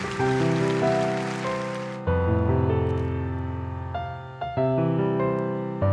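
Audience applause for someone's birthday, a dense crackling wash of clapping, rings out over loud tonal music for about two seconds, then stops while the music carries on alone. No one speaks.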